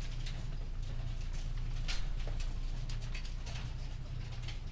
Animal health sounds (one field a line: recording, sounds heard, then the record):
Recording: poultry house recording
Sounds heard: healthy chickens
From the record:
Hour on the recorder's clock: 19